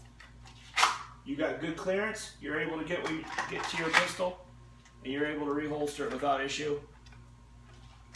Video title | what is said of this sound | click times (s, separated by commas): FKT Live Draw Test and Shop Talk | and again that nice little click and again it's not going anywhere now | 8.2 s